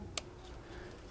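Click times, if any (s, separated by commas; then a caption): 0.2 s. A sensor plug at the front of a Mercedes W203 M272 engine (2005-2012) is pushed onto its sensor during an intake manifold replacement and swirl flap repair. One sharp, bright click is heard at 0.2 s over a quiet low hum, and the connector is seated.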